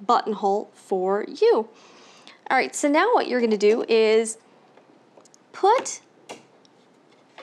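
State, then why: Seated. A buttonhole presser foot on an EverSewn Sparrow 25 sewing machine is set under the presser bar and pressed on while someone talks, with faint handling sounds after the speech. It snaps into place at 7.4 s.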